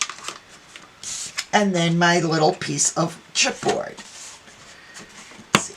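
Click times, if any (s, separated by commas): 5.6 s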